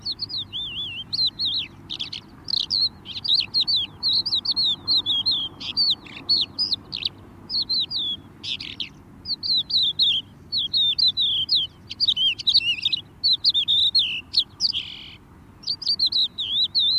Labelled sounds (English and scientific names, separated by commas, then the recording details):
Crested Lark (Galerida cristata) song
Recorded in the wild
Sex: male
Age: adult
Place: Erlangen, OT Schallershof, Bayern, DE
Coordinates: 49.5869, 10.9783
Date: 1967-04-13
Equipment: Vollspur, Original
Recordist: Tretzel, Erwin